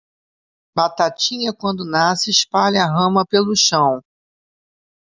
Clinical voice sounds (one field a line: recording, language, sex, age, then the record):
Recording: short text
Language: Brazilian Portuguese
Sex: female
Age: 50 to 59 years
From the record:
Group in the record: control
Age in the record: 57 years